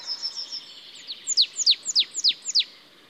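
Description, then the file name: Marsh tit calls: a few thin high notes, then a fast series of several sharp downslurred chips, evenly spaced, over faint background hiss. "Poecile palustris"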